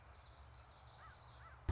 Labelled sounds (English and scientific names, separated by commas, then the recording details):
Common Yellowthroat (Geothlypis trichas)
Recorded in Sonoma County, California